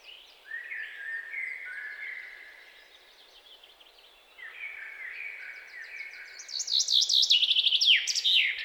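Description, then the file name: Common chaffinch song near the end: a rapid run of bright chirping notes ending in a flourish, after several seconds of drawn-out whistled notes. "Fringilla coelebs"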